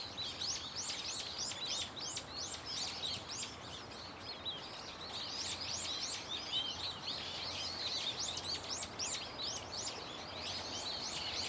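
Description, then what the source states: Birds: bird chorus of rapid rising chirps, briefly softer around the fourth second before swelling again, over a faint low hum. Loud, unceasing chorus of many birds singing from a tetrapod breakwater belt and its trees; recorded with microphone and camera.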